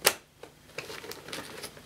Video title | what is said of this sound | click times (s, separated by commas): Miele S 381 Cylinder Vaccum Cleaner For Sale On Ebay UK | then the bag simply slots in here until you hear a click. | 0.1 s